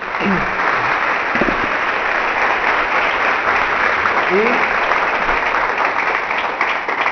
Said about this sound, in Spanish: Un aplauso para Dios.